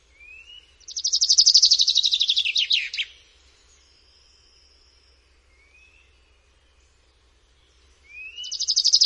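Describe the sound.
Common chaffinch song: a quick descending series of high notes ending in a flourish, then after a pause a second song begins, with thin rising whistles in between.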